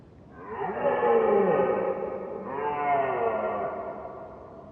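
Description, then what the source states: Red deer bellowing: two long, wavering harmonic moans, the second starting near three seconds, softened by reverberation. Recorded at far distance.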